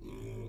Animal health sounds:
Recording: pig call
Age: weaner (32 to 43 days)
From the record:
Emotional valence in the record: negative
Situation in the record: novel object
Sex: female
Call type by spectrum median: low-frequency call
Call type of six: low-frequency stable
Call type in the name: low-frequency stable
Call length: 0.49 s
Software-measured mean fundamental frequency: 53 Hz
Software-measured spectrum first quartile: 92 Hz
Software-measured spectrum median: 223 Hz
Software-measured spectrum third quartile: 469 Hz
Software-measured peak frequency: 369 Hz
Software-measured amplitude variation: 86 dB a second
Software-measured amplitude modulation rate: 34.8 a second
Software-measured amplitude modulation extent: 2.5 dB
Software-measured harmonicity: -1.9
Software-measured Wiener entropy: 0.12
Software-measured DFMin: 674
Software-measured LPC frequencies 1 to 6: 350, 988, 2315, 3353, 5510, 6992 Hz

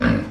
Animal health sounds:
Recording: pig call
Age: growing-finishing pig (85 days or more)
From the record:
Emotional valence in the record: negative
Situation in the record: barren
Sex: male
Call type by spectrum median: low-frequency call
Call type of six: low-frequency stable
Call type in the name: low-frequency stable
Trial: 4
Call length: 0.32 s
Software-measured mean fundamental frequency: 56 Hz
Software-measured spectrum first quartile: 203 Hz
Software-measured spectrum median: 395 Hz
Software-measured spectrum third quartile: 1202 Hz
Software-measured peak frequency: 242 Hz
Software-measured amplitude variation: 163 dB a second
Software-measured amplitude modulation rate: 26.8 a second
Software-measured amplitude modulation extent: 6.1 dB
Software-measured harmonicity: 0.8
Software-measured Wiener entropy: -1.66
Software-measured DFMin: 1071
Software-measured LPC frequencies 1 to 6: 1575, 2617, 3597, 4334, 5308, 7695 Hz

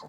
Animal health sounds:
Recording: pig call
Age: piglet (1 to 25 days)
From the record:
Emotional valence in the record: negative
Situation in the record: long isolation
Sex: male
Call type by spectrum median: low-frequency call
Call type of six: mixed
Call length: 0.09 s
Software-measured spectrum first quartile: 471 Hz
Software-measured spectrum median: 856 Hz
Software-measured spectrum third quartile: 1501 Hz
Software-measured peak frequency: 1032 Hz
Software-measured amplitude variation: 62 dB a second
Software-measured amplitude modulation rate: 17.6 a second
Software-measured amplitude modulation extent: 3.6 dB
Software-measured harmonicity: 2.2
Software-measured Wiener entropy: -1.20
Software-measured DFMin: 492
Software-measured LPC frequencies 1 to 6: 602, 1014, 1925, 3376, 4146, 6248 Hz

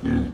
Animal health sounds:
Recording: pig call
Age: growing-finishing pig (85 days or more)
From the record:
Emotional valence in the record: negative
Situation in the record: barren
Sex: female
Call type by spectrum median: low-frequency call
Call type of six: low-frequency stable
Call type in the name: low-frequency stable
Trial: 1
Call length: 0.34 s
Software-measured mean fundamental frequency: 42 Hz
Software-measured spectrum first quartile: 155 Hz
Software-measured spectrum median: 243 Hz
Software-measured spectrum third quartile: 366 Hz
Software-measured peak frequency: 254 Hz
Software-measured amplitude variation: 159 dB a second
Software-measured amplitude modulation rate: 28.0 a second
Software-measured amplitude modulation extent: 5.7 dB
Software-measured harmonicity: 3.0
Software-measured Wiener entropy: -0.68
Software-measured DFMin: 660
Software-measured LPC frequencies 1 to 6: 268, 1677, 2391, 3241, 5518, 6141 Hz

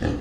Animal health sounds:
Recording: pig call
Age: growing-finishing pig (85 days or more)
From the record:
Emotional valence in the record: negative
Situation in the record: barren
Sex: female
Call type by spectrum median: low-frequency call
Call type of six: low-frequency modulated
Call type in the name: low-frequency stable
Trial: 3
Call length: 0.21 s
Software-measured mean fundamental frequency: 39 Hz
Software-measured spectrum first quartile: 135 Hz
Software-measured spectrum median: 293 Hz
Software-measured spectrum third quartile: 657 Hz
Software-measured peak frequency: 285 Hz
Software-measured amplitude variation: 139 dB a second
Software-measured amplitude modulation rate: 23.9 a second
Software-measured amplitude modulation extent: 5.8 dB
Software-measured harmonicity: -0.8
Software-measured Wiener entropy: -0.82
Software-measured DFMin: 781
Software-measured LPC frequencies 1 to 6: 361, 1734, 2668, 3335, 4169, 4674 Hz

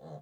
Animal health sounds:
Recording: pig call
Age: piglet (1 to 25 days)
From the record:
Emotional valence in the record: negative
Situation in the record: long isolation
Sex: female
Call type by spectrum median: low-frequency call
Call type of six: low-frequency stable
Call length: 0.21 s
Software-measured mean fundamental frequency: 75 Hz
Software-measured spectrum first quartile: 162 Hz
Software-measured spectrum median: 381 Hz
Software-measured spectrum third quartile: 625 Hz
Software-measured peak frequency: 155 Hz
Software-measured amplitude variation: 105 dB a second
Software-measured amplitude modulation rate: 11.7 a second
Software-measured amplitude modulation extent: 8.9 dB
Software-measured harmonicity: 1.2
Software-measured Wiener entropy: 0.08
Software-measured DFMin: 1164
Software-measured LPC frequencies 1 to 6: 617, 3400, 4084, 6123, 6806, 7517 Hz

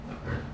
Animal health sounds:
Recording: pig call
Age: growing-finishing pig (85 days or more)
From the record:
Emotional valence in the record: positive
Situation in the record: run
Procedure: transit

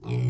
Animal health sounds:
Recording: pig call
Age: weaner (32 to 43 days)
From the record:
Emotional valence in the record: negative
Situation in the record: short isolation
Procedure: open field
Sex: female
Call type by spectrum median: low-frequency call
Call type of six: low-frequency stable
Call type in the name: low-frequency stable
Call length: 0.30 s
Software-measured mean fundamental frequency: 59 Hz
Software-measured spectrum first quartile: 123 Hz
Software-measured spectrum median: 160 Hz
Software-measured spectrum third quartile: 400 Hz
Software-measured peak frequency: 124 Hz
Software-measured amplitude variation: 101 dB a second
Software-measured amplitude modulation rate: 23.3 a second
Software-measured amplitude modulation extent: 4.3 dB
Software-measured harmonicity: 2.3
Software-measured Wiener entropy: -0.72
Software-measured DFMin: 1059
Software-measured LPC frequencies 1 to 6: 2359, 3291, 4070, 5058, 5655, 7244 Hz

